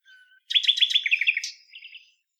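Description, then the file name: Common nightingale: a faint whistle, then a loud burst of quickly repeated notes that trails into lower, softer notes. "Luscinia megarhynchos"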